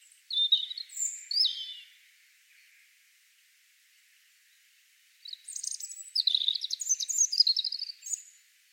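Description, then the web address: European robin: a short burst of high, liquid notes, a long quiet gap, then a longer cascading phrase of bright trills and thin whistles. "Deverinetal 2025 File origin Bird Only Er Ru"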